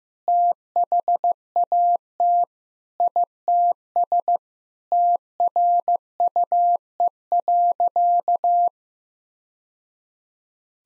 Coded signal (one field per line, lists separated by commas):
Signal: Morse code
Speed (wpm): 15 wpm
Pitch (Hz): 700 Hz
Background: none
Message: THAT ITS TRUE.